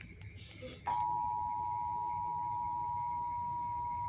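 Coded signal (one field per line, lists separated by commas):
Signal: Emergency Alert System (SAME) tones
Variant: 853 and 960 Hz attention tone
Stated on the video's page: Monthly test tones carried on cable television.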